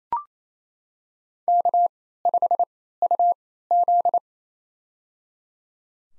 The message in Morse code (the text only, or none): K5UZ